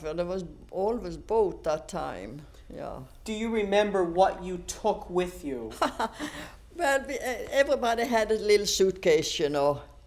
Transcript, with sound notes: There was always boat at that time. Yeah.
Do you remember what you took with you?
(she laughs) Well, we, everybody had a little suitcase, you know.